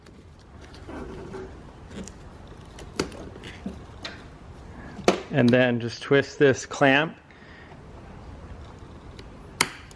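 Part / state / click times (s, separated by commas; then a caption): negative terminal clamp onto car battery post / seated / 9.6 s. The negative terminal clamp on a 2005-2011 Cadillac STS car battery is twisted onto the battery post while someone talks, with several small clicks and knocks along the way. A sharp, loud snap at 9.6 s marks the clamp locking into position, so it is seated.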